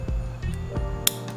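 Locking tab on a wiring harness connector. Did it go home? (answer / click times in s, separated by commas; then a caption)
yes / 1.1 s. A plastic locking tab on a brand-new wiring harness connector is pushed back into its locked position by hand, giving one sharp click at 1.1 s over a steady tonal background with a few fainter ticks. The tab locks shut and the connector is seated.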